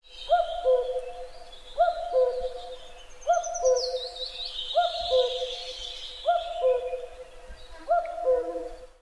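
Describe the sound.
Cuckoo calling its two-note falling cu-coo, repeated six times about every one and a half seconds, with higher twittering of other birds in the background.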